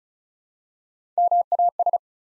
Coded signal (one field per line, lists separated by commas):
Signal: Morse code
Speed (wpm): 36 wpm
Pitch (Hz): 700 Hz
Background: none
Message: MAS